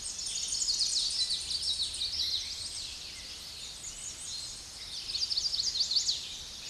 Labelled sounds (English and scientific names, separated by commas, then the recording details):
Common Yellowthroat (Geothlypis trichas) song
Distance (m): 30 m
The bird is about 10 m above the microphone
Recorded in a Pennsylvania forest on 16 May 2024 at 07:21
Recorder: AudioMoth, point MSD-2143
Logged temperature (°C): 16.0 °C
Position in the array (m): 27 m, 148 m